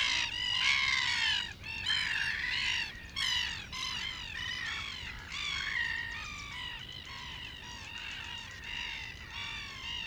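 A flock of wetland birds at Laguna de Rocha, recorded in 2013, calls nonstop, harsh, nasal squawks and honks overlapping in a dense, steady chorus with no talking.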